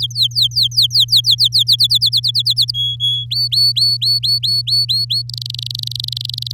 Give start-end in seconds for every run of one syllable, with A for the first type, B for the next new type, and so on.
0.00-1.63 A, 1.67-2.71 B, 2.74-3.25 C, 3.31-5.22 D, 5.29-6.52 E